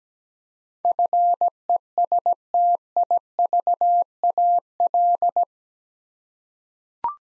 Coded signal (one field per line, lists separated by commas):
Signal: Morse code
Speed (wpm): 17 wpm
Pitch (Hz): 700 Hz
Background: none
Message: FESTIVAL